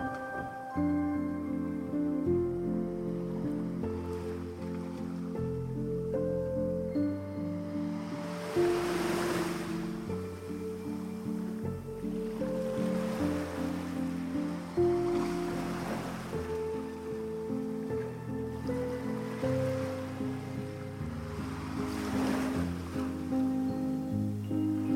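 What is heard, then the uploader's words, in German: Gentle waves swell and recede every few seconds over soft, calm music of sustained low chords that shift slowly, at a steady, moderate level. Meeresrauschen und entspannender Musik.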